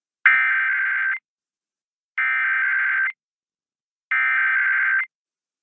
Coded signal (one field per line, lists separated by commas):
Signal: Emergency Alert System (SAME) tones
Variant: header bursts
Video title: The Usual Weekend Tests (EAS #21506-21509) 8/10-11/24